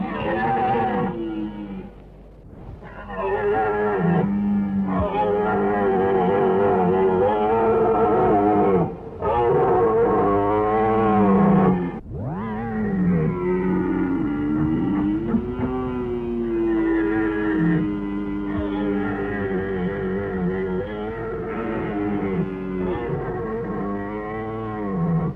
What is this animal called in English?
Red Deer